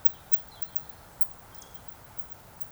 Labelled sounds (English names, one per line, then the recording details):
Eurasian Woodcock whistle
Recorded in Baden-Württemberg, Germany, on 26 June 2021 at 20:04 UTC
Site 45499, 200 m above sea level